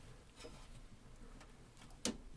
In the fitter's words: rock it down until it clicks and it's firmly secured